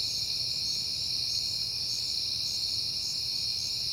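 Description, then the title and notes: Crickets keep up a continuous high-pitched chirping, with fast rhythmic pulses layered on the drone. Crickets at night on a peaceful night in September. "Night Time: Crickets and Passing Cars. It is September and I have been hearing the crickets a lot, but finally had a peaceful night to make the recording"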